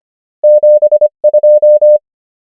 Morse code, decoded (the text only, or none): 7 2